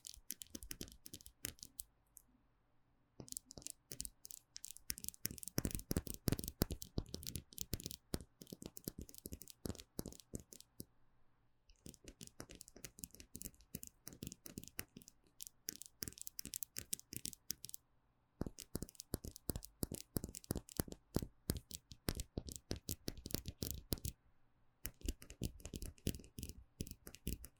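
Gel nail supplies are tapped and scratched in quick, dense bursts of sharp clicks and scrapes, crisp and bright. The activity comes in runs of several seconds, broken by short silent pauses around 3, 11, 18 and 24 seconds.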